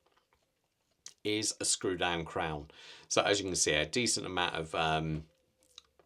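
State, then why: Released. Someone talks while unscrewing the signed metal screw-down crown of a Mühle Glashütte Terrasport II wristwatch, and after a decent amount of thread the crown pops out to its first position. A sharp, very audible click is heard at 5.8 s, followed by faint ticks.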